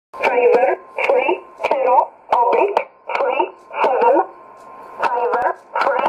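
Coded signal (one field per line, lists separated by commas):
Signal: numbers station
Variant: E11 Oblique, English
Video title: 05 04 2017 Numbers station E11 Oblique in English to Eu 0902 on 9399 in USB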